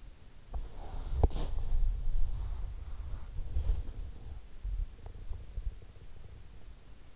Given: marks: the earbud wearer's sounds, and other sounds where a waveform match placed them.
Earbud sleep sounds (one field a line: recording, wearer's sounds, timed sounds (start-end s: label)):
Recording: sounds in sleep by an in-ear microphone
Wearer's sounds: body movement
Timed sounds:
0.34-5.83 s: body movement